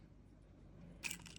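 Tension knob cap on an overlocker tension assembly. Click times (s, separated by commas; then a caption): 1.1 s. A tension knob on the tension assembly of a Brother 546D / Huskylock 435 overlocker is clamped with locking pliers and turned. Under a low hum, a sharp click at 1.1 s releases the knob's top cap. A few faint ticks and rattles follow as the cap comes free.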